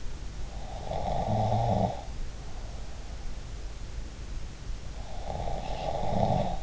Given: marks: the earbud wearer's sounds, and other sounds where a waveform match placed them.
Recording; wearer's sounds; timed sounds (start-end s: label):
sounds in sleep by an in-ear microphone; snoring breath
0.46-2.17 s: snoring breath
4.99-6.63 s: snoring breath